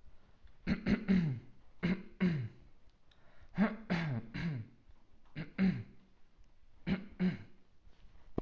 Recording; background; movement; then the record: throat clearing; quiet; sitting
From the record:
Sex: male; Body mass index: 20.5 kg/m2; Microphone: on the chest, facing outward